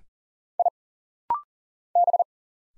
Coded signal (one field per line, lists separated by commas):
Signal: Morse code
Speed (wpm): 40 wpm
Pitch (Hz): 700 Hz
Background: none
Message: I B